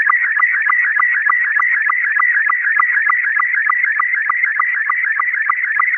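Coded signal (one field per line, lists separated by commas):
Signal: SSTV (slow-scan television)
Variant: Robot 72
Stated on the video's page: SSTV weather images sent in an emergency test over a 444.775 MHz repeater.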